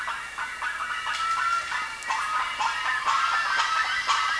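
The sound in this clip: Bird calls, busy overlapping harsh notes about four per second, a flock chattering with some thin whistled tones mixed in.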